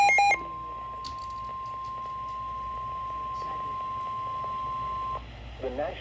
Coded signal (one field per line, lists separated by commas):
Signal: Emergency Alert System (SAME) tones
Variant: 1050 Hz attention tone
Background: speech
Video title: EAS #264 - Special Marine Warning for waters in and around Sandy Hook NJ